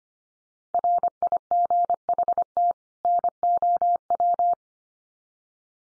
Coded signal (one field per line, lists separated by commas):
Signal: Morse code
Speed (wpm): 25 wpm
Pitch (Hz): 700 Hz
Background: none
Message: RIGHT NOW